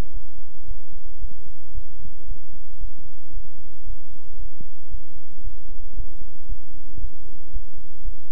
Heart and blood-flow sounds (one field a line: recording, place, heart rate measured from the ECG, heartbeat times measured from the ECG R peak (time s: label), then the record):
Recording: heart sounds by stethoscope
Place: between the tricuspid and mitral areas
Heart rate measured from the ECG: 114 bpm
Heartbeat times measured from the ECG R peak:
0.11 s: heartbeat
0.65 s: heartbeat
1.19 s: heartbeat
1.72 s: heartbeat
2.25 s: heartbeat
2.78 s: heartbeat
3.31 s: heartbeat
3.84 s: heartbeat
4.36 s: heartbeat
4.89 s: heartbeat
5.42 s: heartbeat
5.94 s: heartbeat
6.47 s: heartbeat
6.99 s: heartbeat
7.51 s: heartbeat
8.02 s: heartbeat
From the record:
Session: bicycle stress test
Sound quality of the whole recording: good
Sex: male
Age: 26 years